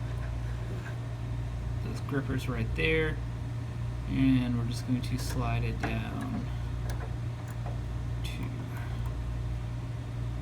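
The pinched grippers of the paper fold plate stop guide on a Formax FD 300 paper folding machine are slid down the fold plate toward the 11 inch tri-fold mark while someone talks over a steady low hum. The guide has not yet locked into its detent, and nothing has seated or clicked in this clip.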